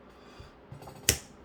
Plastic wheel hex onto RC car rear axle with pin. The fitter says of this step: push until you hear a snap